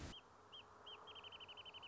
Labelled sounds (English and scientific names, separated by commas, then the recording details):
Wrentit (Chamaea fasciata)
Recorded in Sonoma County, California